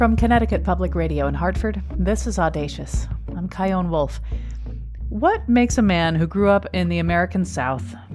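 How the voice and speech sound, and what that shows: One adult speaking fluently and clearly at an ordinary pace, with steady voicing and no speech or voice problem evident.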